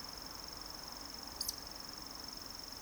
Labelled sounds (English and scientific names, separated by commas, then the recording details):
Eurasian Woodcock (Scolopax rusticola) whistle
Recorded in Baden-Württemberg, Germany, on 30 June 2020 at 20:30 UTC
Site 46046, 702 m above sea level